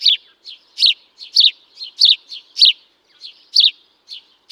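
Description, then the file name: House sparrow chirping steadily, bright clipped notes alternating loud and soft, nothing else audible. "Passer domesticus"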